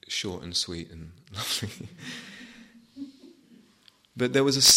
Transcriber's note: laughter